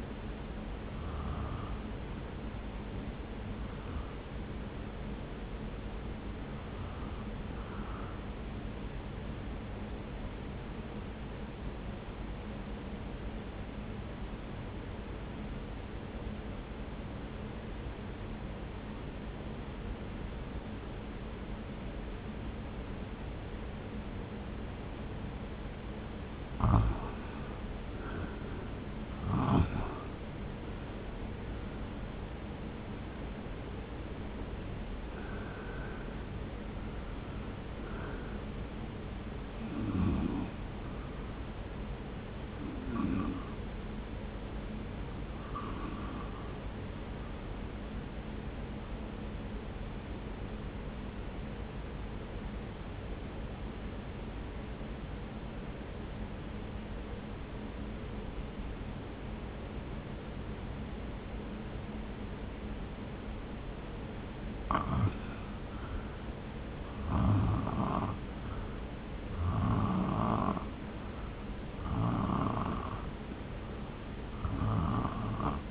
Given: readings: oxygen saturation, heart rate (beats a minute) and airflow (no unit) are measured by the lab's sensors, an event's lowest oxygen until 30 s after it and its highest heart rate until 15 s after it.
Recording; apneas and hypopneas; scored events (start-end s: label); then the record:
breathing in sleep by a voice recorder at the bedside; 2
10.00-26.00 s: obstructive apnea (N1, oxygen 96% highest, then 79% lowest)
49.00-65.80 s: obstructive apnea (N1, oxygen 95% highest, then 79% lowest)
51.00-75.70 s: new sleep stage, REM sleep
From the record:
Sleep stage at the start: N1 (lightest sleep); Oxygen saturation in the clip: 79 to 96%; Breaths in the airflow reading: 17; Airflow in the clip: -1.5 to 2.0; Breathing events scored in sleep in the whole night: 335 in 6.7 hours asleep